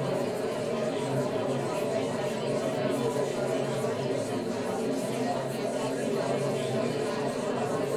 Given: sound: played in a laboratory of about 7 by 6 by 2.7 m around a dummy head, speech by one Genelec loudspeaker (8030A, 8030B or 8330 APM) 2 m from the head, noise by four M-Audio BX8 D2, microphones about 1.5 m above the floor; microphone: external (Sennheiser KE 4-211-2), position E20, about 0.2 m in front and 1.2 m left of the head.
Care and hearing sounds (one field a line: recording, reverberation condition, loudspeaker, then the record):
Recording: babble noise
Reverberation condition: low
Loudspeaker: four, about 170 cm from the corners of the room and facing them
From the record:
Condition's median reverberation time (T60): about 310 ms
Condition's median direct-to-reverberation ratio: about 3.5 dB